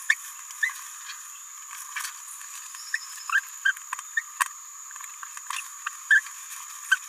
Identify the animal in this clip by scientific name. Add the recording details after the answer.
Forpus passerinus. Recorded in a nest box in Venezuela. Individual 18B17A4